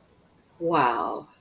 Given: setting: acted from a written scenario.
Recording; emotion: vocal sound without words; contempt